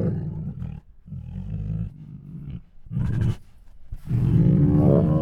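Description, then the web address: Tiger huffing and grunting in several short low bursts, ending in a longer rough moaning growl. Hungry tigers making groans, huffs, moans and snores. "Sound Ideas Tigers"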